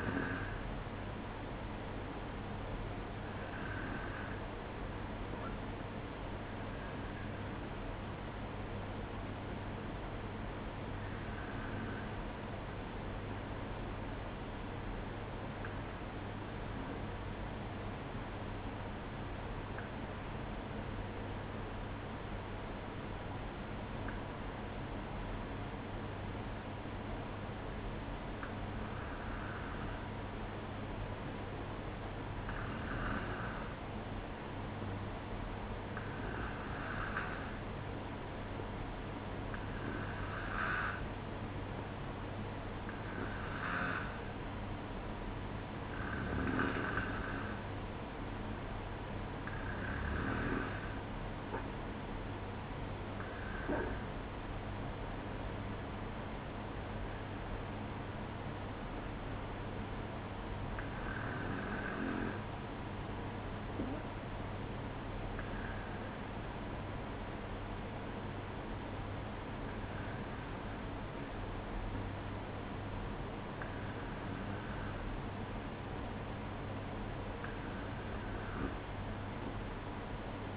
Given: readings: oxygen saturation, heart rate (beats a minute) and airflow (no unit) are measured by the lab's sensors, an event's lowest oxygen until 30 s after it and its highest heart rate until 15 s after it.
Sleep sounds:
breathing in sleep by a voice recorder at the bedside; 1
3.00-63.00 s: new sleep stage, N2 (light sleep)
14.00-46.90 s: hypopnea (N2, oxygen 95% highest, then 92% lowest, heart rate 59 at the start, 65 highest)
63.00-80.57 s: new sleep stage, N1 (lightest sleep)
From the record:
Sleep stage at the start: N1 (lightest sleep); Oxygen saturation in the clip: 92 to 95%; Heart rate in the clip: 59 to 65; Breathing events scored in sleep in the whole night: 305 in 9.6 hours asleep

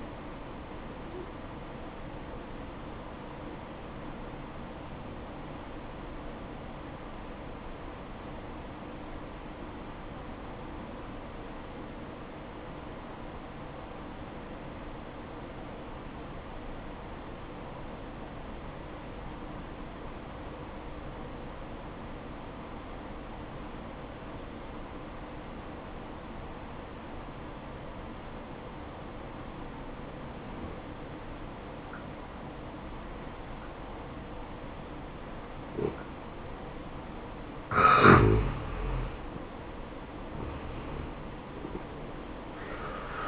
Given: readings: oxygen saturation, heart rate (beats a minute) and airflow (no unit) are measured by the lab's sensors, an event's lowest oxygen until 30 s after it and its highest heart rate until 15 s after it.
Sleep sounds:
breathing in sleep by a voice recorder at the bedside; 1
5.00-37.30 s: obstructive apnea (N1, oxygen 95% highest, then 83% lowest, heart rate 61 at the start, 74 highest)
From the record:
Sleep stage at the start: N1 (lightest sleep); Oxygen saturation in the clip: 84 to 95%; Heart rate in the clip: 57 to 66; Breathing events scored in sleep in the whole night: 573 in 9.8 hours asleep

